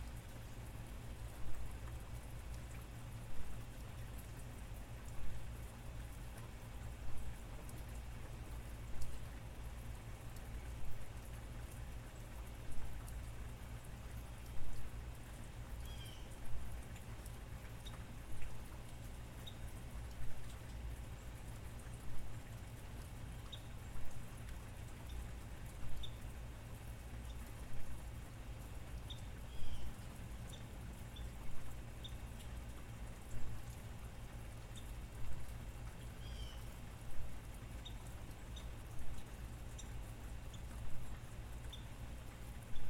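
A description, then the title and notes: Gentle rain falls steadily, a soft even patter over a low constant rumble. Regular metallic taps land about every one to two seconds throughout, like drops striking tin, with a few faint high chirps scattered in the middle section. Gentle Rain and Tin Sounds.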